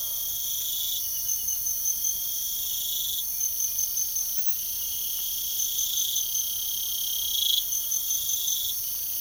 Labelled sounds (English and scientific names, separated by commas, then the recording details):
none
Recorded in pastures near Puerto Asís, Putumayo, Colombia, on 9 March 2025 at 05:00
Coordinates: 0.497, -76.327
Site G072